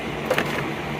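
While removing the bumper of an Explorer ST for an intercooler install, a small fastener on the bumper is pushed in to undo it. It gives two clicks, at 0.3 s and 0.4 s, the second sharper and louder, and the fastener releases.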